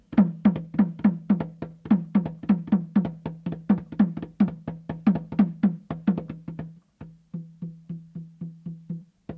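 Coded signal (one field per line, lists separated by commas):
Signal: talking drum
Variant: Saramaka apinti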